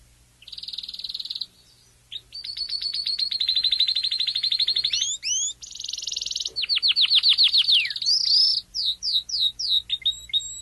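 Domestic canary song with a steady buzzy tone, quick repeated chirps, a long trill and separate swooping notes, with short pauses.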